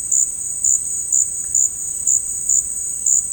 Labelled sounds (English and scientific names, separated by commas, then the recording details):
none
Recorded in secondary vegetation near Puerto Asís, Putumayo, Colombia, on 8 March 2025 at 14:00
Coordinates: 0.502, -76.326
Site G100